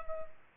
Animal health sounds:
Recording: mosquito wingbeat signal from an infrared sensor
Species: Culex pipiens

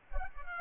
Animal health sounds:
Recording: mosquito wingbeat signal from an infrared sensor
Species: Culex pipiens

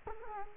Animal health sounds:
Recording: mosquito wingbeat signal from an infrared sensor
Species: Culex quinquefasciatus

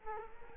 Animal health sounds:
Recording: mosquito wingbeat signal from an infrared sensor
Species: Culex quinquefasciatus

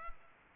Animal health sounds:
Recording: mosquito wingbeat signal from an infrared sensor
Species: Culex pipiens

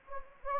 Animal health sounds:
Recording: mosquito wingbeat signal from an infrared sensor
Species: Anopheles gambiae

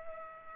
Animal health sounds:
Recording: mosquito wingbeat signal from an infrared sensor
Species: Culex pipiens

